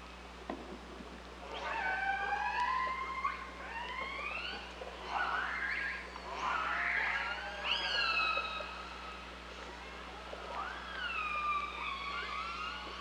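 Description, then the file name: Killer whale calls, loud harmonic squeals sweeping up and down, several overlapping in quick succession over a constant low hum. Killer whales recorded 16 July 2015 at 14h on channel 5. "Orques Orcalab 2015 07 16 14 h voie 5"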